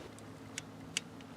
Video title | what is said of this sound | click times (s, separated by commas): 2007 Toyota Sienna Water Pump Replacement | that was a click did you hear it | 1.0 s